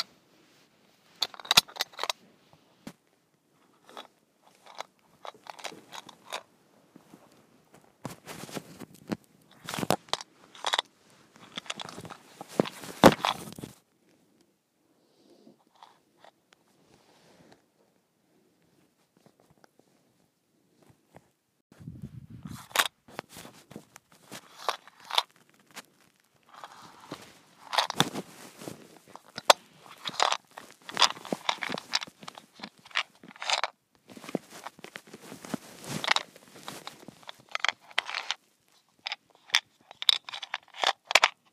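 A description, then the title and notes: A small container of mints is shaken, giving dense, crisp rattling bursts of hard pieces clattering, bright. The shaking runs for about thirteen seconds, pauses for several near-silent seconds with a few faint ticks, then resumes in quicker, uneven bursts to the end. ASMR: Mint Shaker.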